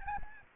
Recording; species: mosquito wingbeat signal from an infrared sensor; Aedes albopictus